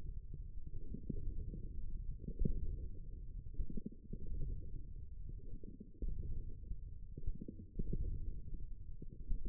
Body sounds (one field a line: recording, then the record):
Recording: forearm muscle sounds (acoustic myography)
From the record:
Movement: ulnar deviation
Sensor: system 1, eight BSWA MPA416 microphones around the upper forearm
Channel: 7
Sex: male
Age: 54 years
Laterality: right